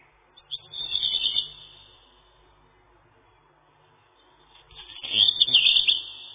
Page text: Горихвостка-чернушка (Phoenicurus ochruros)